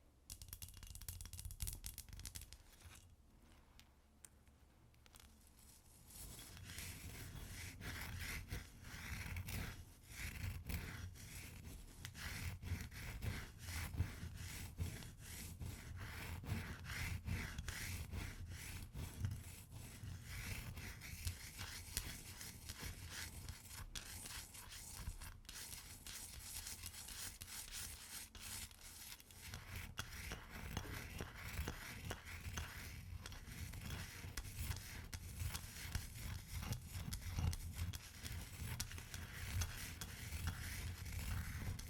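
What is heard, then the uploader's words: Ice is scratched and scraped almost continuously, a dense, gritty rasping with bright streaks and a low rumbling underneath. After a brief quieter gap around the fourth second, the rubbing runs steadily to the end, punctuated by frequent small taps and clicks. ASMR Ice Tapping & Scratching (No Talking).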